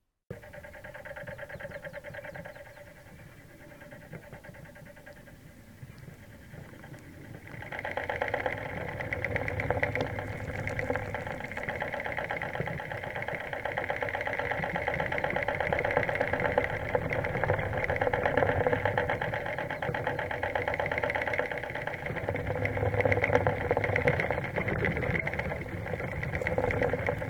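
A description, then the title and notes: A rattly motor cranks over, starting thin and fairly quiet for the first seven seconds. Then it jumps to a heavier, louder, denser rattle with a steady buzzing drone that holds to the end, wavering slightly in strength. Cartoon, Motor – Thin Rattly Motor Cranking; Heavy Rattly Motor Cranking.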